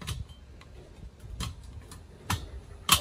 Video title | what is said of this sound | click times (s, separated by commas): Weber Kettle Grill New - Weber Grill Assembly | right there snaps into place so that snaps in as | 2.9 s